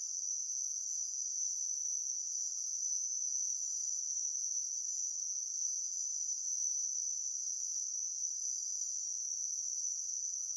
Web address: Blastwave ANIMALS Insects High Pitch. insects high pitch chirping